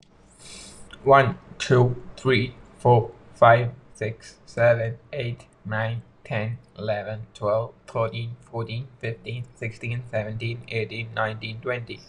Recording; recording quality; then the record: counting at a normal pace; excellent, no background noise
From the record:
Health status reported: recovered from COVID-19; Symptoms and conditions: none ticked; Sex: male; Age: 20 years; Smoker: not ticked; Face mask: not worn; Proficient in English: yes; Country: India